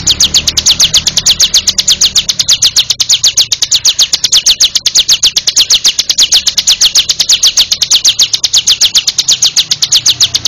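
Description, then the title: Bar-winged prinia song as an unbroken stream of quick, even, high chips running throughout without pause. "Suara Burung Ciblek"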